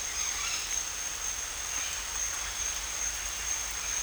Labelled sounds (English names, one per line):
none